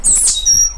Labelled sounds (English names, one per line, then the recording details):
Stitchbird song
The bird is a male
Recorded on Tiritiri Matangi Island, New Zealand, in 2005
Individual 12, of nest box 16